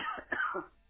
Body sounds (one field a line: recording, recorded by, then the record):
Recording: voluntary cough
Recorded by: telephone call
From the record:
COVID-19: positive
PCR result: checked with the laboratory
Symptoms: yes